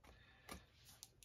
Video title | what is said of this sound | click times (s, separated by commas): Building the removable walls for the Dollhouse! | you'll see that it just snaps right in there | 1.2 s